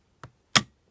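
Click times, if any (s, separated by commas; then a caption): 0.6 s. A plastic test key is pushed into the slot at the bottom of a KAC new-style fire alarm manual call point until it engages. A faint tick at 0.2 s is followed by a sharp, louder click at 0.6 s as the key seats in the call point.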